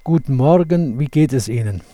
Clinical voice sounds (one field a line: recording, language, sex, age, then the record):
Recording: spoken sentence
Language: German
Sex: male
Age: 70 to 79 years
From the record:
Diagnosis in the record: contact pachydermia, monochorditis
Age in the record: 70 years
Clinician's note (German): Akute Pachydermie li, Monochorditis li